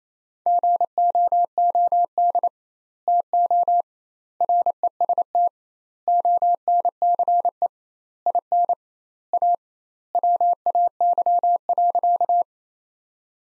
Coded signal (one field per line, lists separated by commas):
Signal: Morse code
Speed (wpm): 27 wpm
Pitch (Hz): 700 Hz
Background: none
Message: GOOD TO REST ONCE IN A WAY.